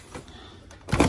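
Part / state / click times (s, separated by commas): filter into tower fan base / seated / 1.0 s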